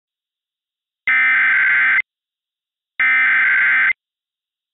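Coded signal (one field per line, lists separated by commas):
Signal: Emergency Alert System (SAME) tones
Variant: header bursts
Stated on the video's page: Simulated mock tornado alert.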